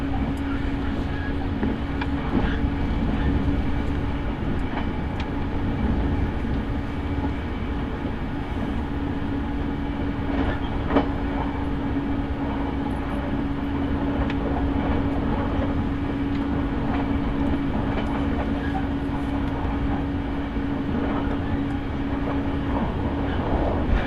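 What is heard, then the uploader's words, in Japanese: A train ride heard from inside, with a steady low rumble and a constant hum held throughout. Faint clicks and knocks from the rails come irregularly, a little sharper around ten and seventeen seconds, while the overall level stays even. 耳で楽しむ鉄道旅 日豊本線特急ソニック6号 柳ヶ浦→小倉。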